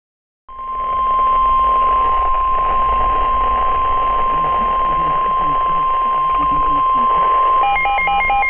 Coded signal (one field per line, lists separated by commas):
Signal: Emergency Alert System (SAME) tones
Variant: 1050 Hz attention tone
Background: speech